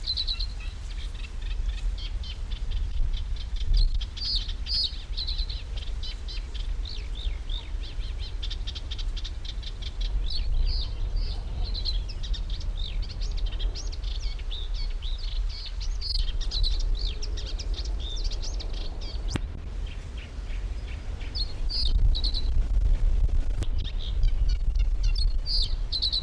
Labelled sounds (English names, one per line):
Eurasian Reed Warbler